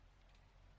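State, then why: Not seated. A plastic wiring harness clip is pushed fully into its mount in the engine bay of a 1963 Mini Cooper getting a Honda VTEC B-series motor swap. Only steady low rumble and faint broadband noise are heard, with no sharp transient. The clip is all the way in but gives no snap, so nothing has clicked.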